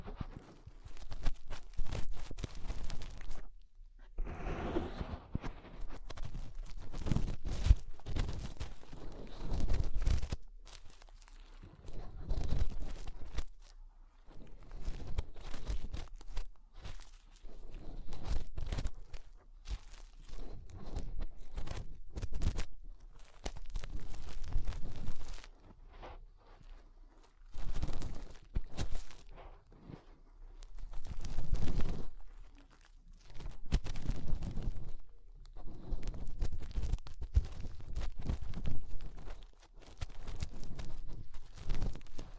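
Fingers rub and press inside an ear, making muffled thumps, scratchy rustles and crackles. The sounds come in irregular bursts of a second or two, with brief near-silent gaps between them, and heavier, bassy pushes around 5, 12 and 32 seconds.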